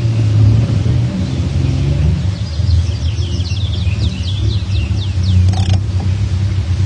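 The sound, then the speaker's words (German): A car's low, steady engine rumble as it slows, rolls and coasts to a stop about 100 metres past a forest meadow, while a bird chirps in a quick run of high notes partway through. “Rollen Sie aus und bringen Sie unser Gefährt etwa 100 Meter hinter der Wiese zum Stillstand.”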